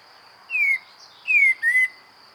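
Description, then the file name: Common blackbird calls: three clear whistled notes, the first two sliding downward, the last two close together, against a faint steady high hum. "Turdus merula"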